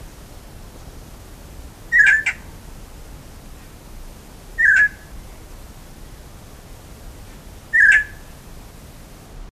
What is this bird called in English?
Papyrus Gonolek